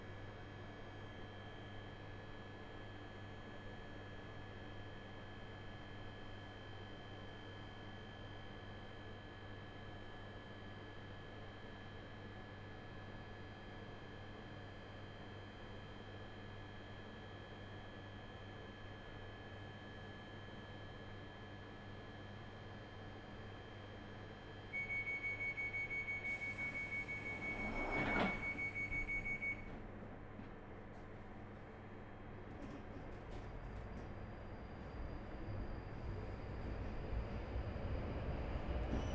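An empty Underground train hums and rumbles steadily, with a high whine; around 25–30 seconds a bright tone and brief squeal cut through.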